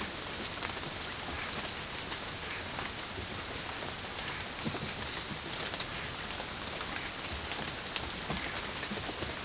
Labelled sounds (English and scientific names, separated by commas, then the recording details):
none
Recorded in secondary vegetation near Puerto Asís, Putumayo, Colombia, on 30 June 2025 at 16:30
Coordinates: 0.500, -76.326
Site GP08